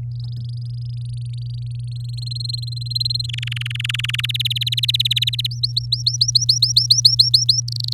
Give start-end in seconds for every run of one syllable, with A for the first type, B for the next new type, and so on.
0.12-1.89 A, 1.92-3.26 B, 3.29-4.21 C, 4.23-5.47 D, 5.51-7.61 E, 7.68-7.93 F